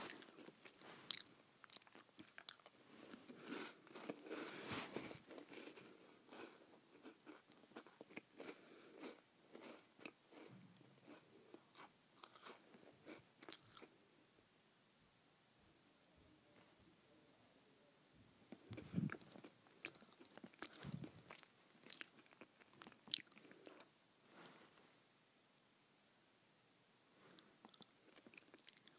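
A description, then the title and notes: Someone eats saltines in crisp, irregular crunching bites, densest in the first fifteen seconds, with quieter pauses and renewed bursts near nineteen and twenty-one seconds. ASMR Eating Saltines.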